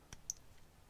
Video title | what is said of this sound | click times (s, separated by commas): Hayman Reece CompactIQ Brake Controller INSTALL - 2021 Isuzu D-MAX X-Terrain | so it clicks in and then a lucky last blue which is the all-important brake power | 0.3 s